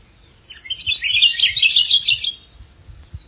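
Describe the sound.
Akiapolaau song: a single rapid, jumbled high-pitched warble lasting about two seconds, slightly rising at the start, with faint low rumble beneath.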